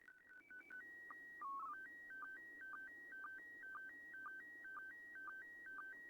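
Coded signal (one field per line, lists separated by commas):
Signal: SSTV (slow-scan television)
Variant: PD 120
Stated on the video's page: SSTV images received from the International Space Station.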